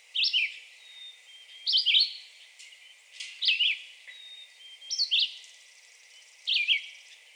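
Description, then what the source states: Red-eyed Vireo song: brisk slurred whistles, each phrase dropping in pitch, spaced roughly one to two seconds apart. Recorded 2 June 2020.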